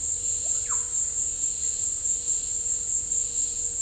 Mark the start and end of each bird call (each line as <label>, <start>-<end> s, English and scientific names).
Russet-backed Oropendola (Psarocolius angustifrons), 0.40-0.78 s